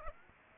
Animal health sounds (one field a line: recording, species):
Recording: mosquito wingbeat signal from an infrared sensor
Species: Aedes aegypti